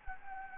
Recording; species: mosquito wingbeat signal from an infrared sensor; Anopheles gambiae